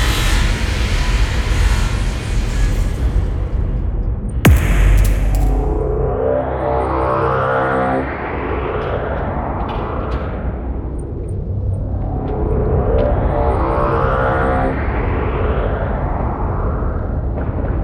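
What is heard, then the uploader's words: A dense, rumbling synth texture runs throughout, with a sharp, bright impact hitting at about four and a half seconds. After it, two slow swelling sweeps rise and fall, the first peaking around seven seconds and the second around fourteen, each carrying a rapid fluttering pulse. Movie Trailer Sound Effects. Ambiences, sound effects, impacts, synth textures and transitions.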